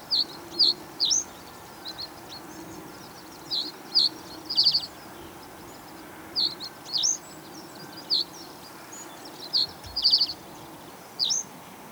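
Bird song: short high chirps in groups of two or three, separated by pauses of a few seconds, over a steady low background hiss.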